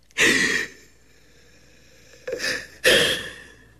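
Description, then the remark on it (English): A long, loud breath drawn in, a pause, then a shorter breath and a strong exhale, three breathy bursts of airy noise with quiet between and no talking. “Take a deep breath, …. Come on.”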